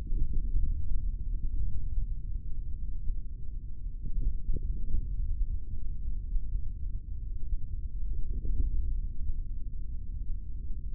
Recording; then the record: forearm muscle sounds (acoustic myography)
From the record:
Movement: index flexion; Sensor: system 3, bracelet of six PUI Audio POM-2738L microphones around the upper forearm, with dedicated amplification and filtering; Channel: 1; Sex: male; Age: 23 years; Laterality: right